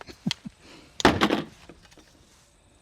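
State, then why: Partly seated. A rifle's dust-fouled bolt carrier is pushed forward by hand into the upper receiver, since there is no forward assist. It gives a loud metallic clack at 1.1 s among scraping and rattling. The bolt ends up just out of battery, and a later trigger pull gives only a click with no bang.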